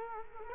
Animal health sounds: mosquito wingbeat signal from an infrared sensor; Culex quinquefasciatus

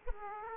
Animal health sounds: mosquito wingbeat signal from an infrared sensor; Aedes aegypti

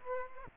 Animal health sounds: mosquito wingbeat signal from an infrared sensor; Aedes aegypti

